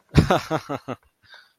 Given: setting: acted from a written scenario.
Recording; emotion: vocal sound without words; amusement